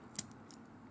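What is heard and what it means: A small plastic arm section is flipped back on a transforming robot toy figure during its transformation and clicks into place. A sharp, bright click sounds at 0.2 s, followed by a fainter click at 0.5 s against a quiet background. The arm piece is seated.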